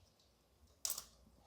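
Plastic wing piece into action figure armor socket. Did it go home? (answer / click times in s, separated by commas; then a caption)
yes / 0.9 s. A plastic wing piece from a collectible action figure's armor is pushed into its plastic socket on the armor. A sharp, bright click sounds at 0.9 s (0.85 s), followed by two softer taps around 0.9 and 1.0 s, over quiet background noise. The wing piece is seated in place.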